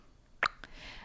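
An adult imitates the tongue click of an infant while sucking, at the breast or bottle: a sharp little click inside a closed mouth, followed by a fainter second click. It occurs when the tongue loses its pressure during its rise and fall because sucking is too hard, and it can be mistaken for swallowing. It is linked to oral tension.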